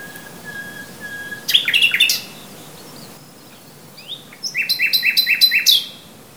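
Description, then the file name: Common nightingale singing: a soft sustained whistle, then a sudden rich chattering flourish, and later a series of rapid, evenly repeated notes. "Luscinia megarhynchos"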